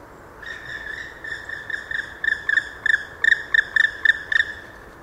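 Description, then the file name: Black woodpecker calling a long series of short, ringing notes that start softly and grow louder. Recorded on 6 December 2014 in a park garden in Landshut. "Schwarzspecht 06 12 2014 Hofgarten Landshut LA Susanne Rieck"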